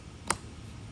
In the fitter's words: Nice. Snaps right into place.